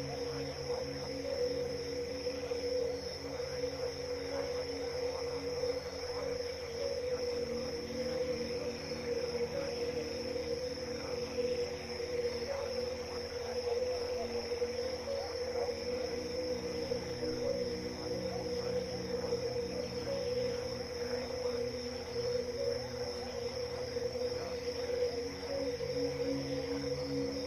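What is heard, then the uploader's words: Crickets, frogs and insects make a dense, unbroken chorus, with a steady shrill tone and a low pulsing drone throughout. Relaxing Sounds of Crickets, Frogs, Insects & More...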